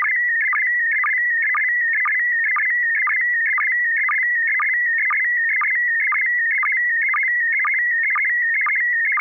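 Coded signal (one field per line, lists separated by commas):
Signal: SSTV (slow-scan television)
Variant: PD120 mode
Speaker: Uh, yeah, I believe I'm ready. Uh, and I have a picture. PD120. >> Go right ahead.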